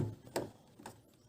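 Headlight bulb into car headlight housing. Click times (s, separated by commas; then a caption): 0.4 s. A headlight bulb holder is pushed back into the headlight housing of a Honda CR-Z from the engine bay side. A sharp click sounds at 0.4 s, followed by a softer tick at about 0.9 s. The bulb is seated in the housing.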